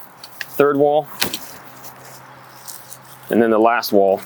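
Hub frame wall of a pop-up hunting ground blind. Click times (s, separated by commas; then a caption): 0.4 s. A wall of a Tidewe pop-up hunting ground blind is pulled outward by its hand strap until the hub frame snaps into position with a sharp pop at 0.4 s. The wall seats in place, and someone talks afterward.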